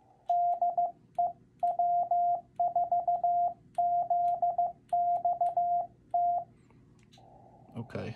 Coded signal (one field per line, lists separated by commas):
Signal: Morse code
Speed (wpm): 15 wpm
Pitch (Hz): 700 Hz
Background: speech, radio noise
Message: DE W4ZXT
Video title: Learning CW protocol